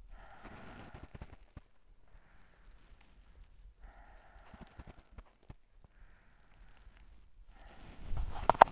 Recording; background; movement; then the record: deep breathing; quiet; sitting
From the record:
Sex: female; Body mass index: 18.8 kg/m2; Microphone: on the chest, facing outward